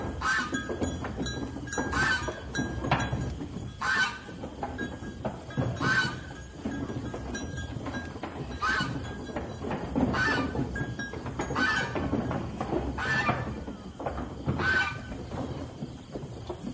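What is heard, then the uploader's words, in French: Farm animals honk and call in repeated bursts every second or two over a steady low rumble of shuffling and background noise. A la ferme avec ses animaux.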